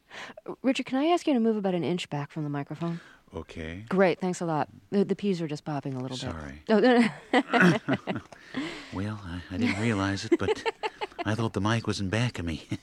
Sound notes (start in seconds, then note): 7.0 laughter; 8.4 Imitating George H.W. Bush; 9.5 laughter; 10.5 Imitating George H.W. Bush